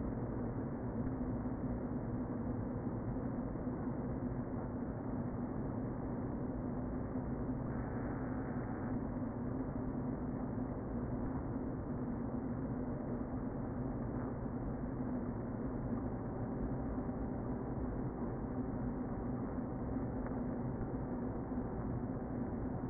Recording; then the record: honeybee colony, microphone inside the hive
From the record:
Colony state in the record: queen present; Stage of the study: before two queens were removed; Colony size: about 60,000 bees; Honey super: yes